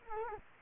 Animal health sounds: mosquito wingbeat signal from an infrared sensor; Culex quinquefasciatus

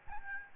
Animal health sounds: mosquito wingbeat signal from an infrared sensor; Aedes albopictus

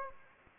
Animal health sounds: mosquito wingbeat signal from an infrared sensor; Anopheles gambiae

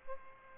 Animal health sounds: mosquito wingbeat signal from an infrared sensor; Aedes albopictus

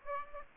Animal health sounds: mosquito wingbeat signal from an infrared sensor; Aedes aegypti

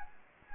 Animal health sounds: mosquito wingbeat signal from an infrared sensor; Anopheles gambiae

